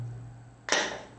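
A lid is pressed onto the housing of a homemade electronic dice toy over a steady low hum. A single sharp snap at 0.7 s marks the lid fitting neatly into place, seated.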